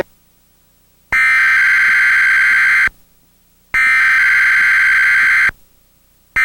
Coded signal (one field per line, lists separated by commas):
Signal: Emergency Alert System (SAME) tones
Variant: header bursts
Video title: TCM EAS Test - June 1, 2008 (VHS)